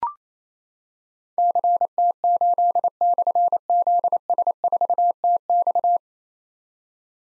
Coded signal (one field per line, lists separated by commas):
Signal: Morse code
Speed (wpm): 27 wpm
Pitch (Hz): 700 Hz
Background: none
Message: CT8/ZS4TX